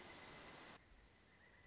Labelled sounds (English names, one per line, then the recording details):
Pileated Woodpecker
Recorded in Sonoma County, California